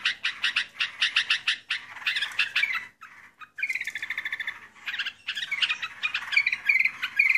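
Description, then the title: Yellow-vented Bulbul calls: bursts of bubbly, chattering notes in quick runs, broken by a short pause near the middle. "burung rucukan"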